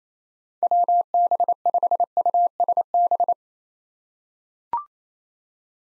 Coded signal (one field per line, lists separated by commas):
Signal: Morse code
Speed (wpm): 27 wpm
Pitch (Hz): 700 Hz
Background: none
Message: WB5USB